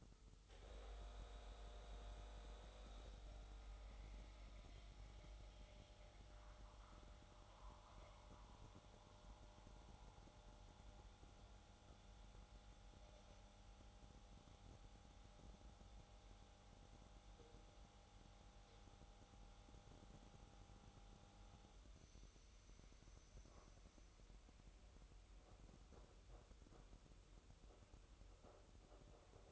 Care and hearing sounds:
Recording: daily activity, microphone in the room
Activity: make coffee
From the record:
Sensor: 3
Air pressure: 988.4 hPa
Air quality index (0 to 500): 190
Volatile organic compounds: 253 ppm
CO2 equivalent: 4369 ppm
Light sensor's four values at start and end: 23/73/31/26 and 23/73/31/26

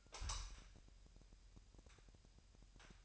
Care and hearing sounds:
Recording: daily activity, microphone in the room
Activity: light on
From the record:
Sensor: 2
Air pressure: 1001.8 hPa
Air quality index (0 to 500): 240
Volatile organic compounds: 31 ppm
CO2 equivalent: 2972 ppm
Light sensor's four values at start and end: 4/10/4/4 and 9/24/10/9

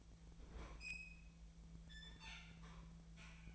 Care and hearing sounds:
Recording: daily activity, microphone in the room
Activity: open fridge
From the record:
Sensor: 1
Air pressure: 1009.7 hPa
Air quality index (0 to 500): 191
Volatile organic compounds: 18 ppm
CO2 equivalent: 2625 ppm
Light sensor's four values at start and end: 33/84/35/42 and 33/84/35/42

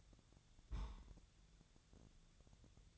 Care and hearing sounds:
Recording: daily activity, microphone in the room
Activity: place on stove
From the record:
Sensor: 3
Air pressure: 999.3 hPa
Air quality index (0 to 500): 195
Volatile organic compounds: 42 ppm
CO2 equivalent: 3181 ppm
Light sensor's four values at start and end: 7/18/7/7 and 7/18/7/7

